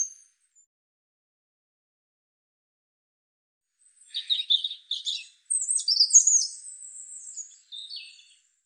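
European robin song: after a silent start, a high twittering phrase of quick warbled notes and thin trills runs for about four seconds, ending with a short final flourish.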